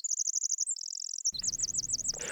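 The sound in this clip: Winter wren song: very high, rapid trills of rippling notes, one fast run followed by a slower series of sweeping notes over faint background noise.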